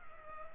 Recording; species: mosquito wingbeat signal from an infrared sensor; Culex pipiens